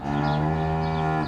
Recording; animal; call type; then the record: contact call of a hoofed animal; cattle; low-frequency (closed-mouth) or high-frequency (open-mouth) call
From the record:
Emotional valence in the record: negative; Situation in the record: physical separation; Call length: 1.28 s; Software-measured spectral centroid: 1330 Hz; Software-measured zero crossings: 1050 a second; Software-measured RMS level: -24 dBFS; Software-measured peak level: -12 dBFS